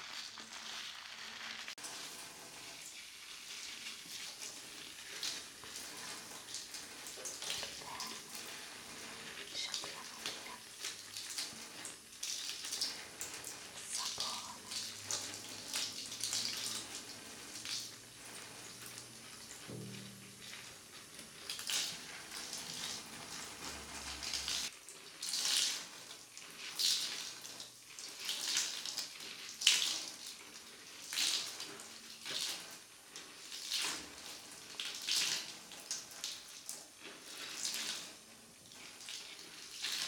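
Wet rubbing and squishing of shampoo being worked into hair, in irregular bursts of bright, crackly lather sounds with a few louder strokes near the end. A faint low hum runs underneath for the first twenty-five seconds, then stops.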